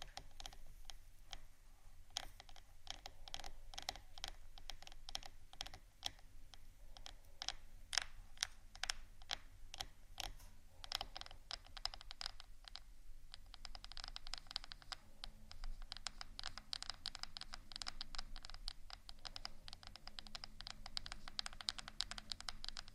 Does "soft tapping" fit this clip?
yes